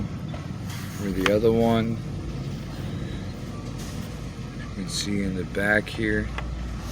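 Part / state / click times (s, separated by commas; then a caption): rear clip of the air filter housing lid onto the air box / not seated / none. The rear clip of the air filter housing lid on a 2017-2020 Hyundai Elantra is being handled over the air box while someone talks over a steady low background hum. Nothing has clicked or seated yet.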